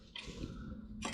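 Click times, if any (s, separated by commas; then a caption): none. A tour pack mounting latch is handled against motorcycle docking hardware, with a Razor tour pack from Advanblack. A sudden broadband sound comes at 0.2 s, followed by a steady low rumble and a second burst near 1.0 s. The clip ends before the part goes home, and nothing has seated or clicked yet.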